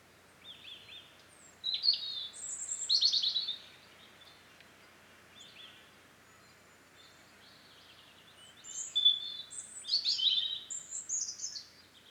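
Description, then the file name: European robin song in two bursts of thin, high, rapidly changing warbled phrases with sharp trills, separated by a quiet pause of several seconds. "Erithacus rubecula"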